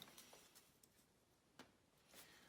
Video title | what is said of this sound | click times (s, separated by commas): TDI Glow Plug Replacement | definitely hear the click and feel the click | 0.0 s, 0.8 s, 1.6 s